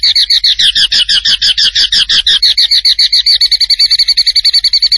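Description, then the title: Tembakan bird singing a steady, fast series of high, buzzy chirps, quickening toward the end. Master recording for training cage birds; the bird is described as gacor, singing vigorously. "Masteran Burung Tembakan Gacor"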